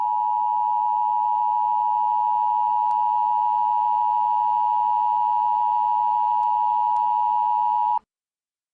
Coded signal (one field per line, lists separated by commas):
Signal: Emergency Alert System (SAME) tones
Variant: 853 and 960 Hz attention tone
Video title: Red lake - SCP EAS mock - You do not reconise the bodies in the water - FIXED